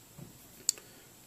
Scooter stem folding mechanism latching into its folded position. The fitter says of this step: pull it up and then you know you fold it up until it clicks there